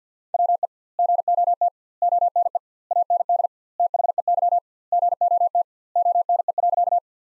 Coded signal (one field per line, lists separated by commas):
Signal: Morse code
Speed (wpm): 47 wpm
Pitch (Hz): 700 Hz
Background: none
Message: WE GOT ONE AND THEY GOT ONE.